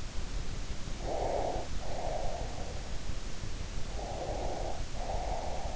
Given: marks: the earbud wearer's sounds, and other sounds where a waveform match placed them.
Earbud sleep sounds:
sounds in sleep by an in-ear microphone; breath
0.92-2.92 s: breath
3.65-5.71 s: breath

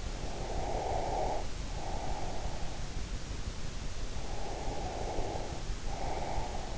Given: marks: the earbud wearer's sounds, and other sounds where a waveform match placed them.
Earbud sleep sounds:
sounds in sleep by an in-ear microphone; breath
0.26-2.67 s: breath
4.20-6.78 s: breath

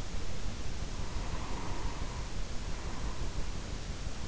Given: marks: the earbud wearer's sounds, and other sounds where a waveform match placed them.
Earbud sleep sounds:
sounds in sleep by an in-ear microphone; breath
0.76-3.51 s: breath

